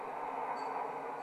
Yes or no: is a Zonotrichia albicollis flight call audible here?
no